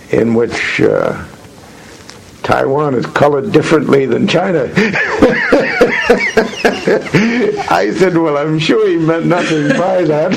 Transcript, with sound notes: in which Taiwan is colored differently than China!" [laughter] I said, "Well, I'm sure he meant nothing by that."